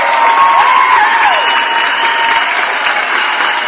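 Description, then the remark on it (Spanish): Steady, dense applause from many hands, loud and continuous for a few seconds, with a faint whistling tone sliding through the clapping early on. “Saludos afectuosos, un aplauso por supuesto.”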